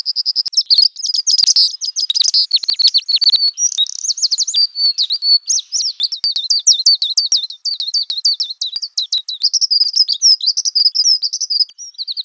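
Bird song: a dense, rapid stream of high chirps and twittering notes, sharp and closely spaced throughout.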